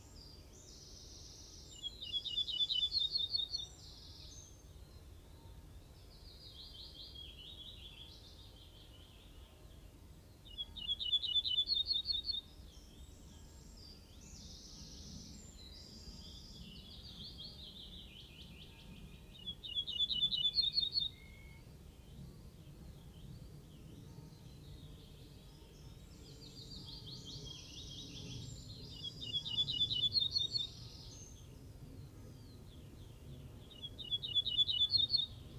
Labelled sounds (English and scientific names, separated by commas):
Ortolan Bunting (Emberiza hortulana) song